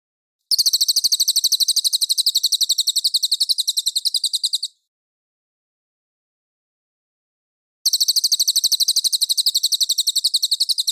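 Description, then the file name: Mangrove whistler giving two long, fast trills of high, clipped notes, the first about four seconds, separated by a silent gap. Clear call. "suara burung cililin jernih"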